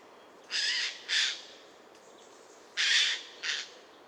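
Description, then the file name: Eurasian jay uttering grating screeches in two pairs, each pair of quick harsh bursts separated by a pause of about one and a half seconds. "Garrulus glandarius"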